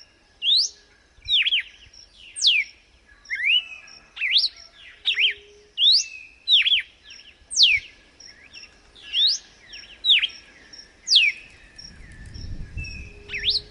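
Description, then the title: Red-cowled cardinal delivering a long run of bright, swooping whistled phrases at a regular pace, with a low rumble entering near the end. Female singing in nature; 'açoite escorrido' song type. "Canto Galo Campina Fêmea. Galo de Campina açoite escorrido na natureza"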